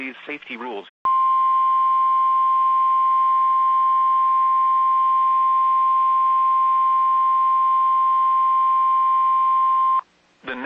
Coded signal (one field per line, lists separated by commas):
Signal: Emergency Alert System (SAME) tones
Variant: 1050 Hz attention tone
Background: speech